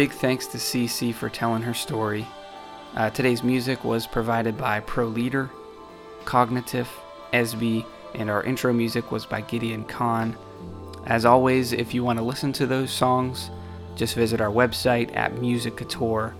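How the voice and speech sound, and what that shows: One adult reads closing credits clearly and fluently, with even pacing and no repeats, blocks or slurring.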